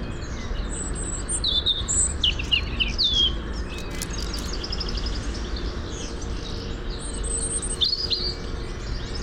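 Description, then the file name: European robin song, with thin, high, twittering notes and brief, fast, trilled phrases spread throughout over a steady low background hiss. "Erithacus rubecula"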